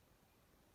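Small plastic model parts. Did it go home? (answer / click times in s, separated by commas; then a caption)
no / none. Two glued plastic halves of the tank body of a Dapol Esso OO gauge model rail tank wagon are handled and pressed toward each other. Only a faint, steady low hiss with soft handling rustle is heard, with no sharp sounds. The halves have not clicked together or seated yet.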